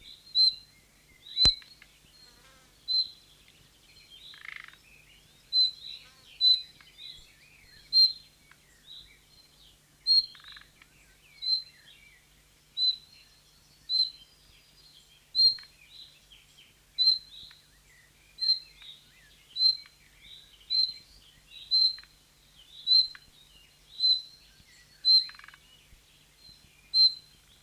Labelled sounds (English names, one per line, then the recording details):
Thrush Nightingale alarm call
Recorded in the wild
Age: adult
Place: Vilmnitz, Insel Rügen, Mecklenburg-Vorpommern, DE
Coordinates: 54.3411, 13.5356
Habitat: briar
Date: 1979-06-21 11:04
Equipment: ITT Schaub-Lorenz Studio Recorder 72, Verstärker, Sennheiser MD 421 HL, Kopie Uher 4200 Report
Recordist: Tembrock, Günter